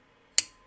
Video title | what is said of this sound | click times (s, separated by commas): I’m Back in the Chris Reeve Club | um it's pretty satisfying to slow roll it out and feel that nice solid solid click | 0.4 s